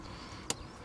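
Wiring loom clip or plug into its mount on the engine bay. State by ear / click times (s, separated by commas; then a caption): seated / 0.5 s. A wiring loom clip or plug on a Rover Coupe CVT is pushed home into its mount in the engine bay while the engine wiring is re-routed after a coolant pipe and thermostat change. A single sharp, bright click sounds at 0.5 s over a low steady background. The clip seats back into place.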